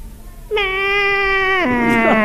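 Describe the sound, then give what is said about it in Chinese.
A man imitates the neigh of his own trained horse as one long, loud, steady bleating cry that sounds more like a sheep; it holds an even pitch, then drops lower and wavers before cutting off. “啊、你看我那个马一叫唤都这个声音。”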